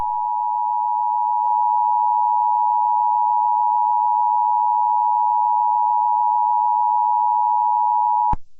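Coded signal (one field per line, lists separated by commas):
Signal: Emergency Alert System (SAME) tones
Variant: 853 and 960 Hz attention tone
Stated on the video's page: Fictional EAS scenario, self-made, not a real alert.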